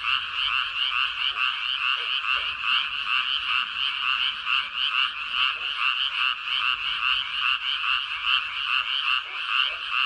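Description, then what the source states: Frog chorus of quick rattling croaks, many callers overlapping in a continuous throbbing wall of sound, with a few faint lower calls beneath. Recorded on 13 May 2022.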